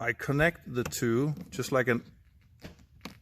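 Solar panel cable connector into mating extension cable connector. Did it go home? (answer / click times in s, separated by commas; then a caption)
yes / 3.0 s. Someone talks while joining the two halves of the waterproof connector on the cable of an external 100-watt solar panel for a 2021 Coachmen Apex Nano 194BHS, pushing the panel's cable connector into the mating extension cable connector. A sharp click is heard at about 3.1 s, followed by a few faint ticks. The connector is seated in place and not moving.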